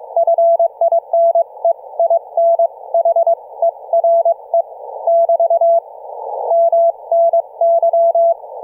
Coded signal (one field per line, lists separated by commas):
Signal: Morse code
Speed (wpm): 22 wpm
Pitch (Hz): 670 Hz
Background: none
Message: FINE IN HERE <BT> MNY